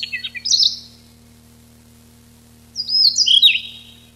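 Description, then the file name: Siberian rubythroat song: a short scratchy warbled phrase, a pause of nearly two seconds, then a longer run of varied whistled and buzzy notes, with a faint low hum. Recorded 6 July 1991. "Ccalliopa 6 07 91"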